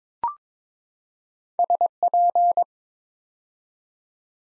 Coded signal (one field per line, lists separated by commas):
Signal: Morse code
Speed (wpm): 22 wpm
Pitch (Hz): 700 Hz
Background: none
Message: SP